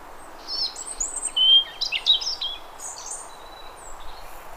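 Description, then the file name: European robin singing a run of high, thin, varied warbled phrases, quick trills and sliding notes tumbling over each other for about three seconds above a steady soft hiss. "Erithacus rubecula"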